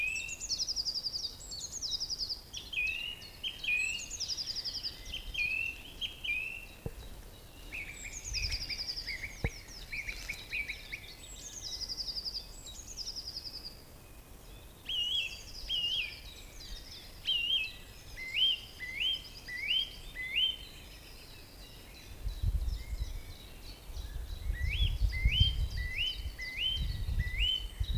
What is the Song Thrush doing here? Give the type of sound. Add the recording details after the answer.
song. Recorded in the wild. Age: adult. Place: Lübars (Fließtal), Berlin, DE. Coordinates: 52.6167, 13.35. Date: 2001-04-28 12:22. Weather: fair, ca. 15°C. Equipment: Nagra SN, Kopie Uher 4000 Report Monitor. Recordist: Tembrock, Günter